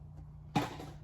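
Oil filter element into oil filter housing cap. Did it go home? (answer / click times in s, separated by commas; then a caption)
yes / 0.6 s. A new oil filter element is pressed onto the oil filter housing cap of a Jeep Gladiator during an oil change. Over a low, steady background hum, a single sharp click sounds at 0.6 s and fades within about a tenth of a second. The element has clicked into place and is seated on the cap.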